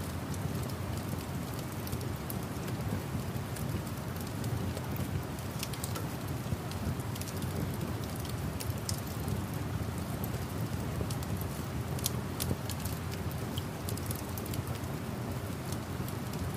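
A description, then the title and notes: Steady rain taps densely over a low rumbling bed, with sharp crackles of a fire popping irregularly throughout, some louder near the middle. Crackling Fire During Rain Storm. A cozy fire crackles as a cool fall rain taps on the windows.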